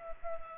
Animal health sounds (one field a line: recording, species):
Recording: mosquito wingbeat signal from an infrared sensor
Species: Culex pipiens